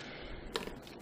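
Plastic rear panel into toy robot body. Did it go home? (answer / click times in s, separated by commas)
no / none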